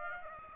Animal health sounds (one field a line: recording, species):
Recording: mosquito wingbeat signal from an infrared sensor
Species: Aedes aegypti